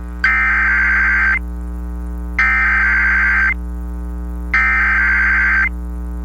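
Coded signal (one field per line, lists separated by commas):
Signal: Emergency Alert System (SAME) tones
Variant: header bursts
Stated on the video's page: Personally captured EAS alerts, a compilation of real alerts.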